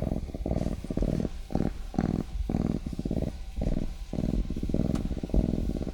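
Cougar cub purring, low throaty rumbles pulsing in bursts, each separated by a short quiet gap.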